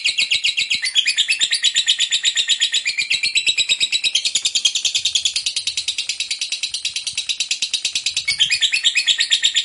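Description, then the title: Lovebird long chatter, a continuous stream of fast, buzzy, pulsed notes with barely a pause across the whole stretch. Long, lively ngekek chatter. "LOVEBIRD NGEKEK PANJANG GACOR BIKIN LATAH"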